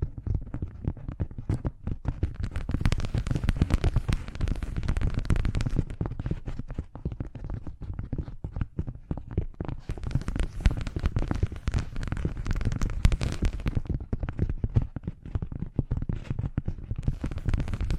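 Fast, unpredictable ASMR triggers: a dense run of crackly taps and scratches that keeps changing without settling into a steady rhythm. Low thuds sit underneath throughout, and brighter crisp bursts come and go, strongest around the middle and near the end.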